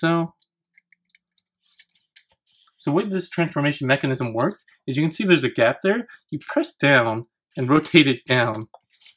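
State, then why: Not seated. Someone talks while handling the plastic backpack panel on the back of an X-Transbots MX-IX Paean (MP Hoist) transforming robot toy, pressing it down and rotating it down to lock it, in the same press-and-turn action as a childproof medicine bottle cap. A few faint, quiet taps and clicks occur between about 0.8 and 2.2 seconds before the talking becomes steady. Nothing has seated or locked into place yet.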